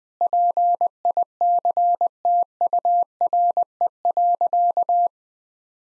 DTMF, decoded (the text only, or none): none